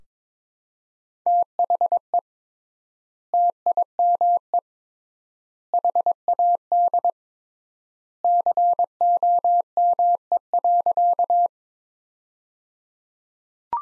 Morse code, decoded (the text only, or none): THE TIME HAD COME.